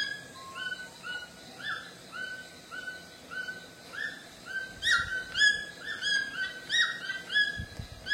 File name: canto do tucano grande de papo branco